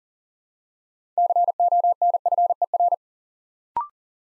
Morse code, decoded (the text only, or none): CONFER